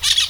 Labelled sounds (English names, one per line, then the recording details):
Brown-throated Parakeet contact call
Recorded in Venezuela
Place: Guárico; Corozopando; Fundo La Fe
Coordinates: 8.506, -67.593